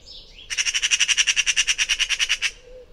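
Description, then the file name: Eurasian magpie chattering: a fast rattle of about twenty harsh, evenly spaced notes lasting two seconds, with faint background hiss. "Pica pica"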